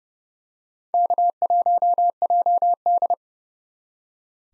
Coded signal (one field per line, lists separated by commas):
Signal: Morse code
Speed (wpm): 30 wpm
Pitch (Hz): 700 Hz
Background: none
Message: K1JD